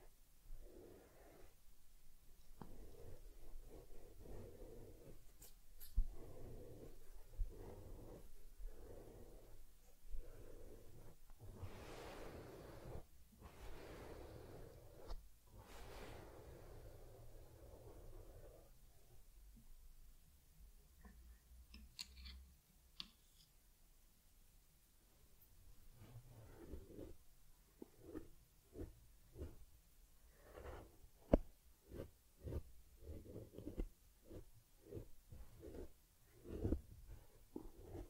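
Soft brushing and rubbing sounds from caring for a teddy bear, with repeated strokes in uneven bursts. Around the middle there are slower swishes and a quieter stretch near twenty seconds, then quick, regular combing strokes with occasional light taps fill the final part.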